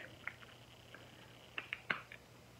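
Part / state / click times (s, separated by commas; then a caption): spool onto spinning reel shaft / seated / 0.3 s, 1.6 s, 1.7 s, 1.9 s. A spool wound with mono line is pushed onto the shaft of a Makaira spinning reel, with sharp clicks at 0.3, 1.6, 1.7 and 1.9 seconds. The spool seats on the reel.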